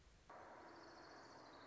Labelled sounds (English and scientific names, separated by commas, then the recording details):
Orange-crowned Warbler (Leiothlypis celata)
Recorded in Sonoma County, California